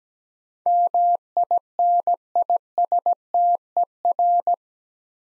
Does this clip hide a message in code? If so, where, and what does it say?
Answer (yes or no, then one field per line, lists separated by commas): yes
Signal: Morse code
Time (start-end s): 0.7-4.5 s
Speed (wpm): 17 wpm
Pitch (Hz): 700 Hz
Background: none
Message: MINISTER